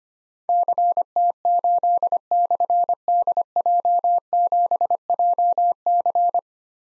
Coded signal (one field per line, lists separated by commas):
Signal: Morse code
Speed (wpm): 25 wpm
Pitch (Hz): 700 Hz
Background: none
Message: CT8/DJ7JC